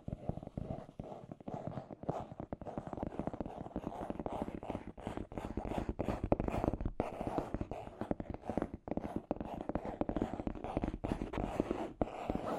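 Scratchy tapping runs without pause for the whole stretch, a dense flurry of quick, irregular taps with a dry scraping grain between them. The sound sits mostly in the low and middle range, with sharper clicks flashing brighter at scattered moments. The level stays fairly even throughout.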